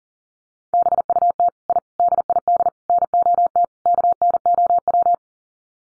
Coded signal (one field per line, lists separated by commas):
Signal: Morse code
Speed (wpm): 40 wpm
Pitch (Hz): 700 Hz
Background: none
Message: BUT I DID NOT KNOW